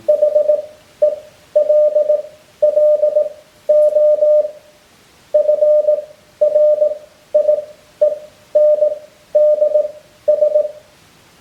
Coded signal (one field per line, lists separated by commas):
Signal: Morse code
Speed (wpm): 18 wpm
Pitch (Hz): 600 Hz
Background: none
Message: HELLO FRIENDS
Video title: The OST Morse Box - Part 4 : The Software